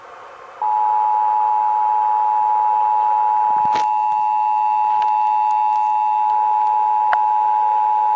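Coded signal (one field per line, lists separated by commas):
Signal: Emergency Alert System (SAME) tones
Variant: 853 and 960 Hz attention tone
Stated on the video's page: Texas required monthly test as aired on several radio and TV stations.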